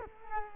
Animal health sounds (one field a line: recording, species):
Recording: mosquito wingbeat signal from an infrared sensor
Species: Culex quinquefasciatus